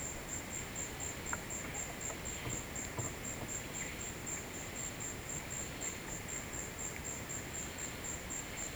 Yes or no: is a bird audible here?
no